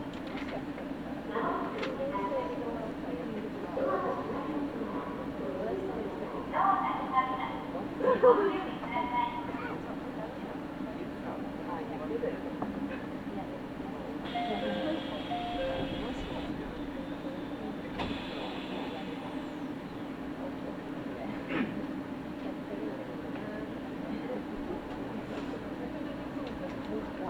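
Riding a local train on the Iida Line from Toyohashi to Toyokawa, a steady low drone runs throughout. Voices come and go in the first nine seconds, and two brief stretches of brighter rushing noise appear around 14 and 18 seconds.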